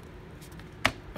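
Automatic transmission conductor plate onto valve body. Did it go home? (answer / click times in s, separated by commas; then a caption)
yes / 0.8 s. A plastic conductor plate for a Mercedes-Benz 722.6 automatic transmission is pressed further onto the valve body, and a second clip snaps in with one sharp, loud snap at 0.9 s after a faint tick at 0.6 s. The plate is seated.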